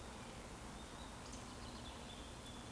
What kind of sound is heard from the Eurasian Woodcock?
whistle